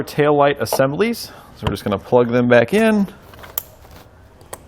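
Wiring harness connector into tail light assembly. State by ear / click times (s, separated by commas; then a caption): seated / 3.6 s. Someone talks while a plastic wiring harness connector is plugged back into a tail light assembly on a 2020 Jeep Cherokee during installation of a Roadmaster Diode 7-Wire to 6-Wire Flexo-Coil Wiring Kit. After the talking stops, a sharp click at 3.6 s marks the connector seating into the tail light assembly.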